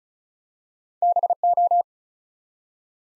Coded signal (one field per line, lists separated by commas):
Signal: Morse code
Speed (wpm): 36 wpm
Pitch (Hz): 700 Hz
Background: none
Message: BO